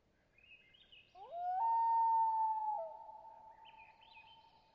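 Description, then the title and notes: Common loon wail: a note sweeps up, jumps higher and holds a long, steady, pure tone before a brief dip into a softer sustained note; faint bird chatter above. Pair of loons on a clear lake in hilly boreal taiga of white spruce and mosses, Long Lake, Talkeetna, Alaska; spring night into twilight, 49-61°F, light to no wind. "Common Loon - Gavia Immer - wail. Long Lake, Talkeetna, AK"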